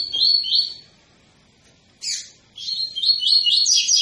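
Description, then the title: Double-collared seedeater song: a high trilled phrase, a pause, a sharp downward note, then a long run of fast, high, chattering warbled notes. Tui-tui song style from a 'fibra' coleiro; a teacher song for training young birds. "COLEIRO TUI TUI FIBRA CANTO PROFESSOR"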